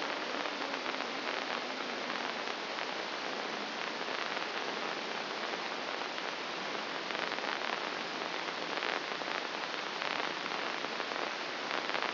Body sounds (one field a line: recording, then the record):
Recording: brain microelectrode recording played as sound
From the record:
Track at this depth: inside the subthalamic nucleus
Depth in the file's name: 3.102 mm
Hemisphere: left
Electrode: 2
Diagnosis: Parkinson's disease